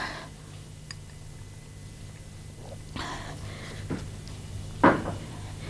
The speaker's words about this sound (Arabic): أظن من المستحسن أن أغلق النافذة قليلا، هذا الضوء القوي يتعبك.